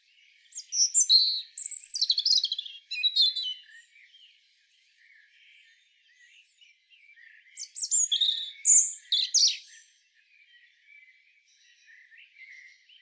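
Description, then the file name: European robin song: two bursts of thin, high, varied whistles and rapid trills, separated by a pause with faint soft notes. "Erithacus rubecula"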